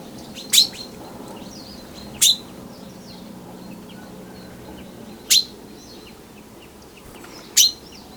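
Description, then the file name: Common chaffinch calls: four sharp, short, bright notes spaced unevenly over eight seconds. "Fringilla coelebs"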